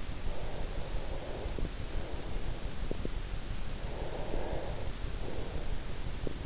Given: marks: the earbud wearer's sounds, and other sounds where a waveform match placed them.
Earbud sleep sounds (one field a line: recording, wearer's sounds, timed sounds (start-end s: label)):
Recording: sounds in sleep by an in-ear microphone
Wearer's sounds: breath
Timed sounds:
0.24-2.90 s: breath
3.54-6.10 s: breath